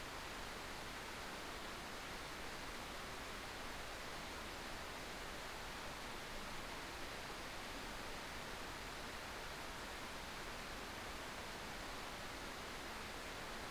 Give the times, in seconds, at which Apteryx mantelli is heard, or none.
none